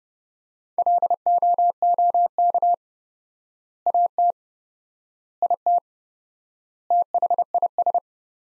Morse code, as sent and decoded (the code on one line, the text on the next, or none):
.-.. --- --- -.- / .- - / .. - / - .... .. ...
LOOK AT IT THIS